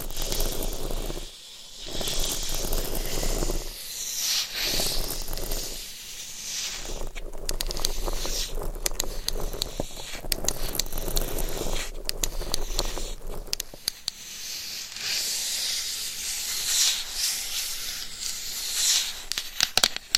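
Rough scratching and rubbing against a microphone fills the clip with a dense, hissy noise that swells and drops in uneven strokes. Sharp taps and clicks break through in bursts, more scattered and brittle after about thirteen seconds, with a few bright chirps near the end.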